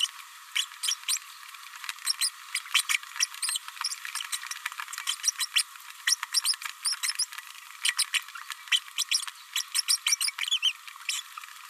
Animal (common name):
Green-rumped Parrotlet